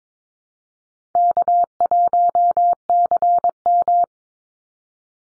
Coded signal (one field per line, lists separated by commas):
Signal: Morse code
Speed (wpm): 22 wpm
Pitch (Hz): 700 Hz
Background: none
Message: K1CM